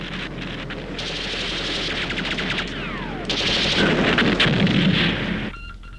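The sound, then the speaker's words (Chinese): Battle sound effect of enemy forces attacking the Tashan positions under aircraft cover: dense gunfire with rapid machine-gun bursts and heavy rumbling artillery blasts, loud and continuous for several seconds, with a descending whistle midway and no voices. “敌军在飞机的掩护之下向我塔山阵地发起进攻”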